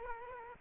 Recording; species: mosquito wingbeat signal from an infrared sensor; Aedes aegypti